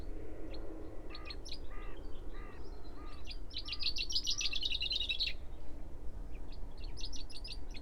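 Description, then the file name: Common chaffinch song: a series of repeated notes building into a rapid bright trill, followed by a few scattered chirps, over low background rumble. "Fringilla coelebs"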